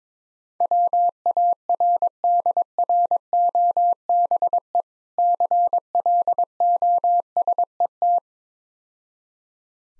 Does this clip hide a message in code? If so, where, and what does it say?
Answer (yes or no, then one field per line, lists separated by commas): yes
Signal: Morse code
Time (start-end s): 0.6-8.2 s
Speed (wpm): 21 wpm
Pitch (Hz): 700 Hz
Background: none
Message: WARDROBE CLOSET